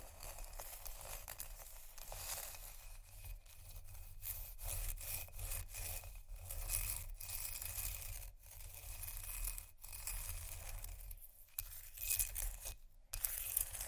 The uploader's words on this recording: Ice Scratch & Tap. No Talking.